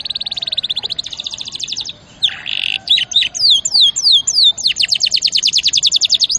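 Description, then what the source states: Canary song: fast trills of high notes, a buzzy rattle, then sweeping downslurred whistles and another rapid trill. Champion canary song used as master recording for training other birds.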